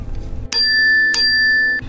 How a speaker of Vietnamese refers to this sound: Bỗng tiếng chuông thông báo kết thúc cuộc gọi thầu vang lên, sớm hơn dự kiến của hắn.